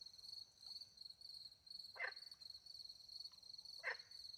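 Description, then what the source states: Frog giving two short rasping croaks nearly two seconds apart, over a steady shrill trilling of crickets. Frogs with crickets in French countryside at night; microphones hidden in a tree near a small pond; recorded with two Usi Pro microphones into a MixPre-10 II.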